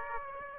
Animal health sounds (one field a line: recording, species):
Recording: mosquito wingbeat signal from an infrared sensor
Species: Aedes aegypti